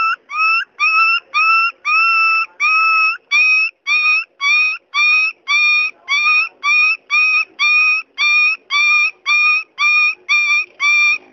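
Dog crying in a long series of nasal whines, each short cry rising slightly at its start, repeated almost twice a second in an even rhythm.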